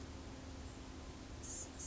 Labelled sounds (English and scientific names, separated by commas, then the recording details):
Blue-gray Gnatcatcher (Polioptila caerulea)
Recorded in Sonoma County, California